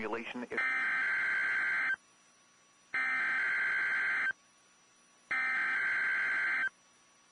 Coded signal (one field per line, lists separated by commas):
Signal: Emergency Alert System (SAME) tones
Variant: header bursts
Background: speech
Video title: WXR Weekly Tests (EAS #880-#889)